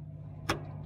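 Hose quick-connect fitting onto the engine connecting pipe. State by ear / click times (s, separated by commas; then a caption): seated / 0.5 s. On a VW MK6 GTI, the rear line's hose quick-connect fitting is pushed onto the new engine connecting pipe and clicks in at 0.5 s. A sharp, brief broadband click stands out over a steady low hum. The fitting is seated.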